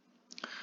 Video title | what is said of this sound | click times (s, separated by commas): Cabeling Kabel UTP - Daffa Raihan_21051204001_TIA | Biasanya jika pin jack sudah menancap akan mengeluarkan suara klik. | 0.3 s, 0.4 s